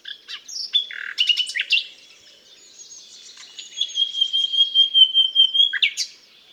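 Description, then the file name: Common nightingale song: a burst of rapid rattling notes, then a long steady whistled note that swells over about two seconds before a sharp flourish. "Luscinia megarhynchos"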